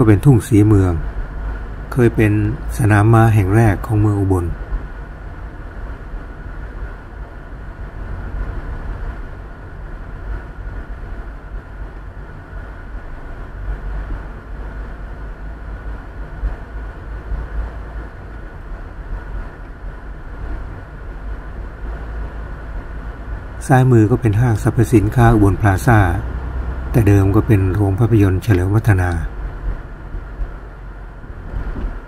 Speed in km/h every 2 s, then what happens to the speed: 28, 32, 33, 32, 31, 31, 28, 31, 32, 32, 30, 33, 35, 37, 35, 31.
0-13 steady at about 31. 13-26 speeds up to 37. 26-32 slows to 31.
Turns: none.